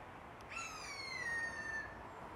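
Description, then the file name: Eurasian jay giving one drawn-out whistled mew that falls slowly in pitch over about a second and a quarter, against a steady hissing background. "Garrulus glandarius"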